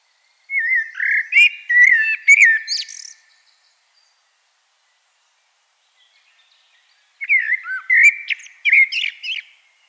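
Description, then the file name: Common blackbird song: two mellow, whistled warbling phrases mixed with high, scratchy notes, separated by a pause of several seconds. "Turdus merula"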